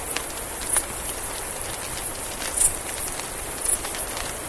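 Mexican free-tailed bat, three clipped high squeaks spread over a few seconds, against a steady hiss and occasional ticks.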